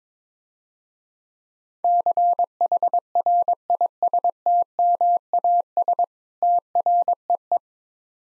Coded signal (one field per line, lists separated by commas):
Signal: Morse code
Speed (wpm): 22 wpm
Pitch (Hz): 700 Hz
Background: none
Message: CHRISTMAS TREE